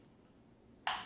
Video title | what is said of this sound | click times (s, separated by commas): Using the Symphony PLUS Breast Pump | and then we just click the top down should hear a little click | 0.9 s